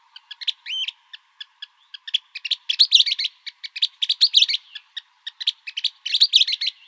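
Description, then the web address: Western kingbird calling: scattered crisp kip notes giving way to excited, squeaky sputtering phrases repeated several times over a faint steady hum. Arizona. "Flycatchers WEKI"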